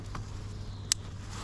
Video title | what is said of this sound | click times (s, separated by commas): Rough Running Range Rover L405 P1 | it clicked in | 0.9 s